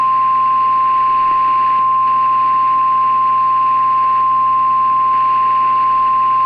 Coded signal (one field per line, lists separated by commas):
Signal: Emergency Alert System (SAME) tones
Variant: 1050 Hz attention tone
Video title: The Great Tornado of the Carolina Coast [EAS Scenario]